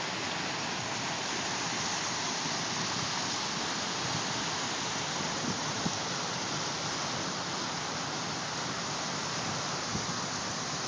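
A creek rushes steadily, its water noise dense and unbroken from start to finish. The sound is bright and hissing, spread evenly from low to high, with faint low churning beneath and no distinct splashes or other sounds standing out.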